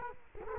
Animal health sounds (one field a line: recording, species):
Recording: mosquito wingbeat signal from an infrared sensor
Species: Culex quinquefasciatus